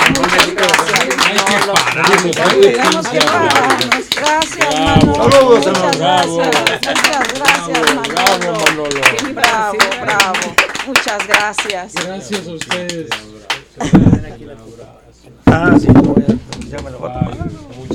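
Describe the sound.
An audience claps steadily, a dense patter of sharp hand claps running under continuous lively talking, with the applause and voices staying loud for most of the stretch and dipping briefly near the end.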